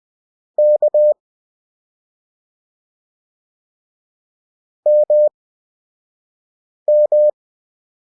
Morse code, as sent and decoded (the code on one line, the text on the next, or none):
-.- / -- --
K MM